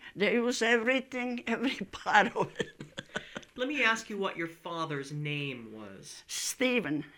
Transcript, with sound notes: They use everything. Every part of it. (laughing)
Let me ask you what your father's name was.
Steven.